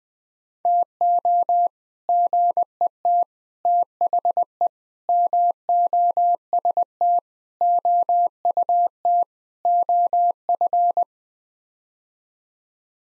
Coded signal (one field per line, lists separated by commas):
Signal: Morse code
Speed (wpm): 21 wpm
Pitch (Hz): 700 Hz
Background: none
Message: TO GET THE MOST OUT OF